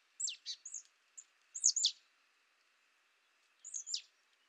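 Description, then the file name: Marsh tit calls: sharp, high notes that drop steeply in pitch, often in quick pairs, given in a few short bursts over a quiet background. "Poecile palustris"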